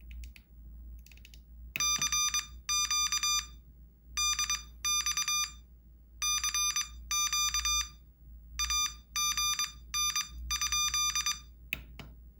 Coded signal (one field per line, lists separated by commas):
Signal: Morse code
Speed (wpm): 23 wpm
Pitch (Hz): 1200 Hz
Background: none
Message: CQ DX CQ AGN?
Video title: MorseBOX – Learn Morse Code with a Real Telegraph Key! Train, Transmit, Compete!